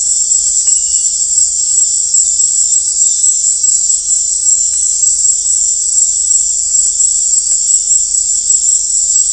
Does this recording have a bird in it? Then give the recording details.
no. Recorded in dense forest near Puerto Asís, Putumayo, Colombia, on 16 December 2024 at 18:30. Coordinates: 0.499, -76.324. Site G045